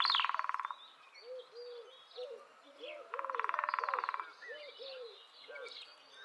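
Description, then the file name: Lesser spotted woodpecker drumming in short, rapid, even rolls, twice, while other birds call and chirp. "kis fakopacs hangja"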